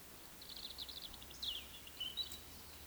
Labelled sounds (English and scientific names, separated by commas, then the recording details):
Eurasian Woodcock (Scolopax rusticola) whistle, Eurasian Woodcock (Scolopax rusticola) croak
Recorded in Baden-Württemberg, Germany, on 31 May 2021 at 19:59 UTC
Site 20675, 466 m above sea level